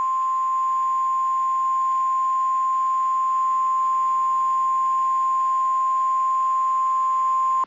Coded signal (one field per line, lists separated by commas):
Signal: Emergency Alert System (SAME) tones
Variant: 1050 Hz attention tone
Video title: EAS Interrupts 50 Noggin and Nick Jr Logo Collections and 60 Noggin and Nick Jr Logo Collections